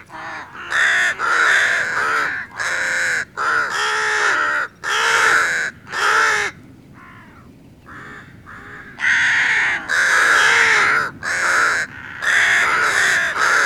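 Rook harsh cawing calls, repeated raspy bursts, with a quieter pause mid-sequence before the cawing resumes.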